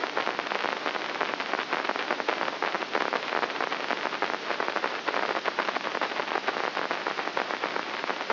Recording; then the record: brain microelectrode recording played as sound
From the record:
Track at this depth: inside the subthalamic nucleus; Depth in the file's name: 0.041 mm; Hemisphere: right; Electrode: 3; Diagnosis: Parkinson's disease